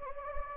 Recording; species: mosquito wingbeat signal from an infrared sensor; Anopheles gambiae